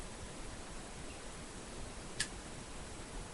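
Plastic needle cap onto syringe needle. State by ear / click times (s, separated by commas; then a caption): seated / 2.2 s. A plastic cap is pressed onto a used syringe needle until it is tight, against a steady low hiss. A single short, sharp click at 2.2 s marks the cap seating firmly on the needle.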